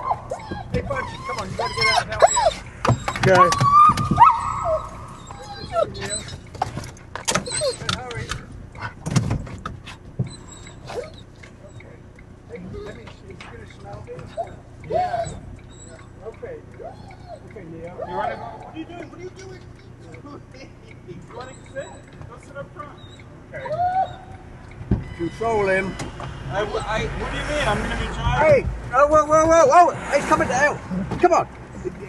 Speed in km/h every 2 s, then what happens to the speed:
0, 0, 0, 0, 0, 0, 0, 0, 0, 0, 0, 0, 0, 0, 0, 0.
0-32 standing.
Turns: none.